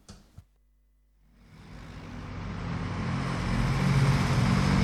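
A truck passing outside: its low, rumbling engine swells steadily louder over several seconds, a broad roar with deep droning tones, following a short click and a moment of quiet.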